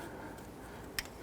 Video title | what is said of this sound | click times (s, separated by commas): How to Replace MAP Sensor 2006-2014 Honda Ridgeline | You're going to hear and feel it lock into place. | 1.0 s